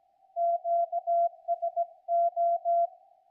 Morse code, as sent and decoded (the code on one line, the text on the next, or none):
--.- ... ---
QSO